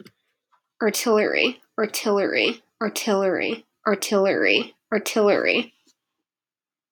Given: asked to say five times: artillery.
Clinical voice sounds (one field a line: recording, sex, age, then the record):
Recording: repeated word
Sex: female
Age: 20 to 29 years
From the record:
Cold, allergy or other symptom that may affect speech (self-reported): no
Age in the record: 22 years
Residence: Maine, United States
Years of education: 15